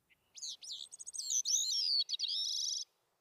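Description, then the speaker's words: Bicknell's thrush song: a run of high, thin, twisting notes ending in a rapid trill, with quiet background. Sang again at the first signs of dawn in the cold on a Catskills mountaintop; song described as a penetrating and melodious whisper. "Mr. Bicknell's thrush struck up again at the first signs of dawn, notwithstanding the cold."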